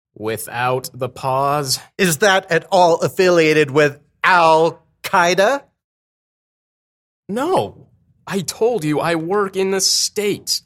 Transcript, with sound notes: Without the pause.
Is that at all affiliated with Al Qaeda?
[LONG PAUSE] No. I told you, I work in the States.